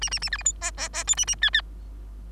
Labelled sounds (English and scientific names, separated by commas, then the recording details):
Bengalese Finch (Lonchura striata domestica) song
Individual Bird3